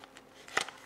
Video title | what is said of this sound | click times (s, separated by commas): Радиостанция Baofeng AR-152. Овца в волчьей шкуре | Так давайте теперь по поводу того как она собирается просто заводится в полоз и до щелчка то | 0.6 s